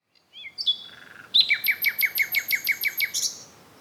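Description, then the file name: Common nightingale song phrase: a soft whistle, then about ten loud, evenly spaced notes delivered quickly, ending in a brief buzzy flourish. "Luscinia megarhynchos"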